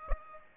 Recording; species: mosquito wingbeat signal from an infrared sensor; Aedes aegypti